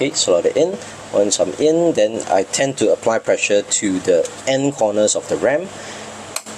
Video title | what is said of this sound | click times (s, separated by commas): PC Building Tip #12: Installing RAM #ram #pc #pcgaming #pcbuild #techtips | So if you push it in at the end corner here, you hear that snap, that means it's in. | 6.4 s